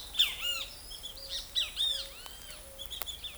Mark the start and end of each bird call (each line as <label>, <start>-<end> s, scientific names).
Pitangus sulphuratus, 0.00-3.38 s
Zenaida auriculata, 0.00-3.38 s